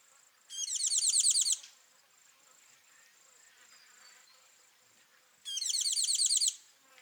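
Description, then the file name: Tinkling cisticola calls, two bursts of rapid harsh chattering notes about a second long, separated by four seconds, over a steady high insect whine. Call, at Kawelwa, Zambia, on 12 December 2021. "Tinkling-Cisticola-call-ZM-Kawelwa-211212"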